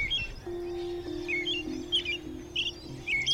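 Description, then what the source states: American Robin: short, clear chirping notes repeated irregularly over a steady low hum. Recorded in Boise, Idaho.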